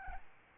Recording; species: mosquito wingbeat signal from an infrared sensor; Aedes albopictus